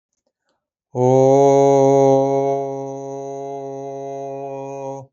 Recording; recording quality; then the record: sustained vowel as in boot; excellent, no background noise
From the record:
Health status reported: healthy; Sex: male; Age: 25 years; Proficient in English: yes